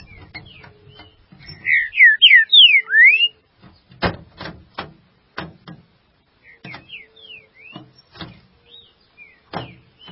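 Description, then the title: Green-winged saltator song: a fast series of loud, slurred whistles, followed by softer whistled notes among repeated sharp clicks and taps. "Trinca Ferro"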